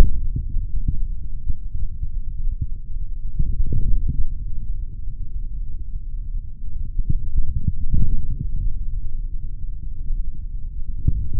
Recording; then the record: forearm muscle sounds (acoustic myography)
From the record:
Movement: forearm supination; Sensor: system 3, bracelet of six PUI Audio POM-2738L microphones around the upper forearm, with dedicated amplification and filtering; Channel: 5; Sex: male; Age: 26 years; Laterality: right